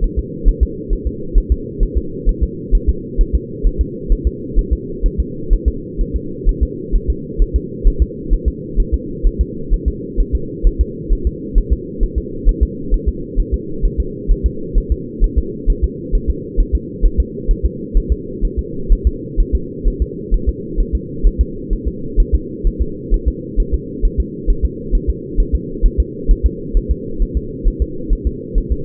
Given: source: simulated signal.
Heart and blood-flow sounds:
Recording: fetal heart sounds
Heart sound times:
0.04 s: S1
0.19 s: S2
0.48 s: S1
0.63 s: S2
0.93 s: S1
1.07 s: S2
1.38 s: S1
1.52 s: S2
1.83 s: S1
1.97 s: S2
2.29 s: S1
2.43 s: S2
2.75 s: S1
2.89 s: S2
3.21 s: S1
3.35 s: S2
3.66 s: S1
3.81 s: S2
4.12 s: S1
4.27 s: S2
4.59 s: S1
4.73 s: S2
5.06 s: S1
5.20 s: S2
5.53 s: S1
5.68 s: S2
6.01 s: S1
6.16 s: S2
6.49 s: S1
6.63 s: S2
6.95 s: S1
7.10 s: S2
7.42 s: S1
7.56 s: S2
7.87 s: S1
8.02 s: S2
8.33 s: S1
8.48 s: S2
8.80 s: S1
8.94 s: S2
9.27 s: S1
9.41 s: S2
9.73 s: S1
9.88 s: S2
10.20 s: S1
10.35 s: S2
10.67 s: S1
10.81 s: S2
11.13 s: S1
11.27 s: S2
11.58 s: S1
11.72 s: S2
12.03 s: S1
12.18 s: S2
12.49 s: S1
12.63 s: S2
12.94 s: S1
13.08 s: S2
13.40 s: S1
13.54 s: S2
13.85 s: S1
14.00 s: S2
14.31 s: S1
14.46 s: S2
14.78 s: S1
14.92 s: S2
15.24 s: S1
15.38 s: S2
15.70 s: S1
15.84 s: S2
16.15 s: S1
16.30 s: S2
16.60 s: S1
16.75 s: S2
17.05 s: S1
17.20 s: S2
17.51 s: S1
17.65 s: S2
17.97 s: S1
18.12 s: S2
18.45 s: S1
18.59 s: S2
18.92 s: S1
19.07 s: S2
19.40 s: S1
19.55 s: S2
19.88 s: S1
20.02 s: S2
20.34 s: S1
20.49 s: S2
20.80 s: S1
20.95 s: S2
21.27 s: S1
21.41 s: S2
21.73 s: S1
21.88 s: S2
22.20 s: S1
22.34 s: S2
22.67 s: S1
22.82 s: S2
23.14 s: S1
23.28 s: S2
23.60 s: S1
23.74 s: S2
24.05 s: S1
24.20 s: S2
24.50 s: S1
24.65 s: S2
24.95 s: S1
25.09 s: S2
25.40 s: S1
25.55 s: S2
25.86 s: S1
26.00 s: S2
26.31 s: S1
26.46 s: S2
26.77 s: S1
26.91 s: S2
27.22 s: S1
27.37 s: S2
27.68 s: S1
27.82 s: S2
28.13 s: S1
28.27 s: S2
28.58 s: S1
28.72 s: S2
From the record:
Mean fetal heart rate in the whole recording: 130 bpm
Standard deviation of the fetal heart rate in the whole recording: 4 bpm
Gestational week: 38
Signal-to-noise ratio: -4.3 dB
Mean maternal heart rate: 72 bpm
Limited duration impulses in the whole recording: absent

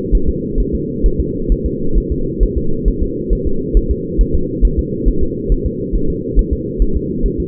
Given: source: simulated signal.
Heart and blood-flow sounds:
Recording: fetal heart sounds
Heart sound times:
0.15 s: S1
0.29 s: S2
0.60 s: S1
0.75 s: S2
1.06 s: S1
1.20 s: S2
1.52 s: S1
1.66 s: S2
1.98 s: S1
2.12 s: S2
2.43 s: S1
2.57 s: S2
2.88 s: S1
3.02 s: S2
3.33 s: S1
3.47 s: S2
3.77 s: S1
3.91 s: S2
4.21 s: S1
4.35 s: S2
4.65 s: S1
4.79 s: S2
5.08 s: S1
5.23 s: S2
5.52 s: S1
5.66 s: S2
5.95 s: S1
6.10 s: S2
6.39 s: S1
6.53 s: S2
6.82 s: S1
6.96 s: S2
7.26 s: S1
7.40 s: S2
From the record:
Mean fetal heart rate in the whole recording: 135 bpm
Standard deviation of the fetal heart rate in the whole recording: 3 bpm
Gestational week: 36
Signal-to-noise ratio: -8.1 dB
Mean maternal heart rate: 72 bpm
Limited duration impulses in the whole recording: absent

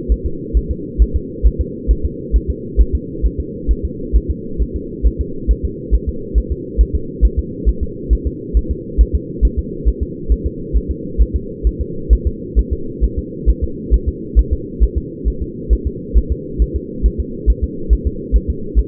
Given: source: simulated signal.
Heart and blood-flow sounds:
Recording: fetal heart sounds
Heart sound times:
0.12 s: S1
0.26 s: S2
0.57 s: S1
0.71 s: S2
1.02 s: S1
1.16 s: S2
1.47 s: S1
1.61 s: S2
1.91 s: S1
2.05 s: S2
2.36 s: S1
2.50 s: S2
2.81 s: S1
2.95 s: S2
3.26 s: S1
3.40 s: S2
3.71 s: S1
3.85 s: S2
4.16 s: S1
4.30 s: S2
4.62 s: S1
4.76 s: S2
5.07 s: S1
5.21 s: S2
5.51 s: S1
5.65 s: S2
5.95 s: S1
6.09 s: S2
6.38 s: S1
6.52 s: S2
6.81 s: S1
6.95 s: S2
7.25 s: S1
7.39 s: S2
7.69 s: S1
7.83 s: S2
8.13 s: S1
8.27 s: S2
8.57 s: S1
8.71 s: S2
9.01 s: S1
9.15 s: S2
9.45 s: S1
9.59 s: S2
9.88 s: S1
10.03 s: S2
10.32 s: S1
10.46 s: S2
10.76 s: S1
10.91 s: S2
11.22 s: S1
11.36 s: S2
11.67 s: S1
11.81 s: S2
12.13 s: S1
12.27 s: S2
12.59 s: S1
12.73 s: S2
13.04 s: S1
13.19 s: S2
13.50 s: S1
13.64 s: S2
13.94 s: S1
14.08 s: S2
14.39 s: S1
14.53 s: S2
14.83 s: S1
14.98 s: S2
15.28 s: S1
15.42 s: S2
15.73 s: S1
15.87 s: S2
16.18 s: S1
16.32 s: S2
16.62 s: S1
16.76 s: S2
17.06 s: S1
17.20 s: S2
17.50 s: S1
17.64 s: S2
17.93 s: S1
18.07 s: S2
18.36 s: S1
18.50 s: S2
18.79 s: S1
From the record:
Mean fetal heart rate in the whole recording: 135 bpm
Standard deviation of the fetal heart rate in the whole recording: 3 bpm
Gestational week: 34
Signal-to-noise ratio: -4.3 dB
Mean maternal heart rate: 72 bpm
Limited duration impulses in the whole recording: absent

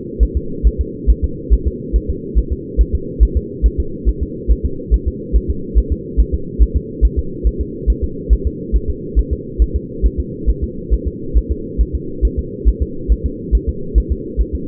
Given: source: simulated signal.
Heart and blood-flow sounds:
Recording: fetal heart sounds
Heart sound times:
0.23 s: S1
0.37 s: S2
0.67 s: S1
0.81 s: S2
1.10 s: S1
1.24 s: S2
1.54 s: S1
1.68 s: S2
1.96 s: S1
2.10 s: S2
2.39 s: S1
2.53 s: S2
2.81 s: S1
2.95 s: S2
3.23 s: S1
3.37 s: S2
3.66 s: S1
3.80 s: S2
4.09 s: S1
4.23 s: S2
4.52 s: S1
4.66 s: S2
4.94 s: S1
5.08 s: S2
5.36 s: S1
5.50 s: S2
5.78 s: S1
5.92 s: S2
6.20 s: S1
6.34 s: S2
6.62 s: S1
6.76 s: S2
7.05 s: S1
7.19 s: S2
7.47 s: S1
7.61 s: S2
7.90 s: S1
8.04 s: S2
8.33 s: S1
8.47 s: S2
8.76 s: S1
8.90 s: S2
9.19 s: S1
9.33 s: S2
9.62 s: S1
9.76 s: S2
10.06 s: S1
10.20 s: S2
10.50 s: S1
10.64 s: S2
10.94 s: S1
11.08 s: S2
11.38 s: S1
11.52 s: S2
11.81 s: S1
11.95 s: S2
12.25 s: S1
12.39 s: S2
12.68 s: S1
12.82 s: S2
13.12 s: S1
13.26 s: S2
13.55 s: S1
13.69 s: S2
13.98 s: S1
14.12 s: S2
14.41 s: S1
14.55 s: S2
From the record:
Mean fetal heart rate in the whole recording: 140 bpm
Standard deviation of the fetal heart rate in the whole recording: 2 bpm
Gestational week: 34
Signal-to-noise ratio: -4.3 dB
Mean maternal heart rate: 72 bpm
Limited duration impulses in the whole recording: absent

